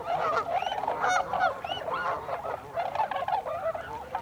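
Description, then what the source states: Tundra swans in a noisy flock, overlapping soft hoots and curved rising calls layered into a steady chorus. 26 December 2020.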